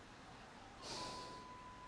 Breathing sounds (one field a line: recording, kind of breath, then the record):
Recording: one breath in and out by a microphone near the nose and mouth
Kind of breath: normal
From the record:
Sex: male